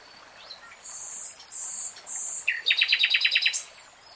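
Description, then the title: Nightingale song beginning with high buzzy held tones, then a quick even series of several repeated chirping notes. Nightingale singing, recorded in real time. "[Tiếng chim hót] Nightingale Singing"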